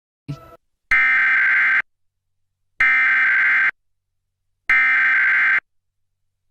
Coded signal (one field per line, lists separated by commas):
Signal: Emergency Alert System (SAME) tones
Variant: header bursts